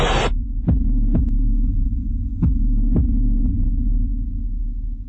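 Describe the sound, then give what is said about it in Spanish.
A heartbeat sound effect: paired low thumps in a slow lub-dub rhythm over a steady, droning hum, followed by a few fainter ticks as it trails off. “Suenan los latidos de la patria grande.”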